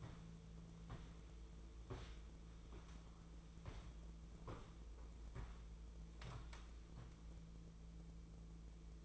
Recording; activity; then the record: daily activity, microphone in the room; walk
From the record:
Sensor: 1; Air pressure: 1005.5 hPa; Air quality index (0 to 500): 122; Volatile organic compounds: 5 ppm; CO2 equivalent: 1706 ppm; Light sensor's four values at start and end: 11/26/10/11 and 11/27/11/12